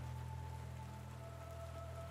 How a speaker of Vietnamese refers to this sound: Trời đêm bắt đầu lại trút những hạt mưa rã rích, làm những đốm lửa của mấy ngọn đuốc trên tay bà con lúc này cũng dần ngấm hẳn.